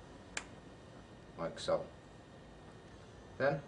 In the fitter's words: the pin and if you listen your hair click into place like